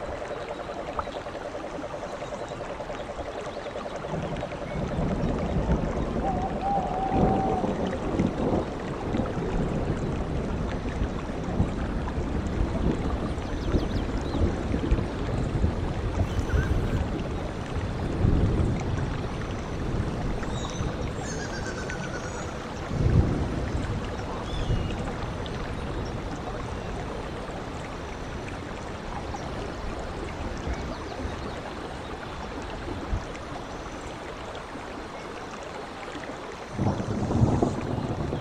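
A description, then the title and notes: Forest rain makes a dense, steady wash with low rumbling swells, a faint tone near seven seconds, and brief louder bursts around 23 and 37 seconds. Forest Sounds with Rain Vibration.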